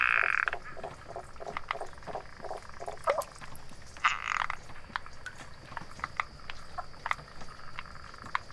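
Latouche's frog calls: a series of short, evenly spaced clucking pulses, then a harsher rasping burst, over a faint constant high whine.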